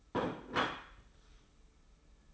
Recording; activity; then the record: daily activity, microphone in the room; place plate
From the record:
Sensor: 1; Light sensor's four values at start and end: 24/56/23/26 and 24/56/23/26